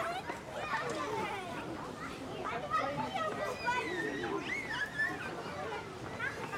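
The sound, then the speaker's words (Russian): Children's voices chatter and shout on a playground over a steady bed of noise, a continuous busy babble of kids playing with high-pitched calls rising and overlapping throughout. “Сафронов идет вдоль детской площадки, заходит в калитку, смотрит на играющих детей.”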